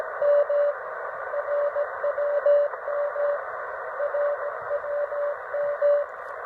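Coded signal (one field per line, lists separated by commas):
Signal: radio time signal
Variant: RWM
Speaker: I'm receiving RWM Moscow on 9.996 megahertz, which is a 5 kilowatt transmission, not quite as strong as 14.996. And it's just come back on.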